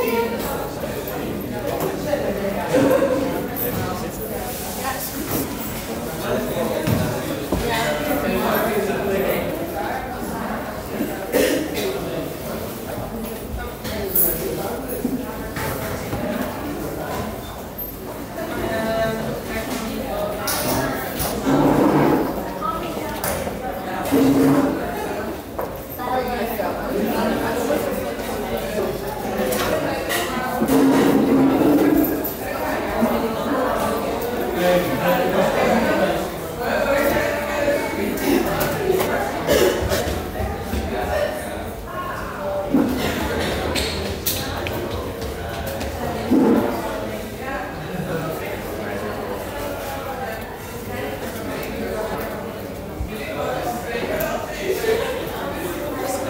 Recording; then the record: background sound without coughing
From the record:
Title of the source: 40 min - Ambience sounds UNIVERSITY lunchroom chatting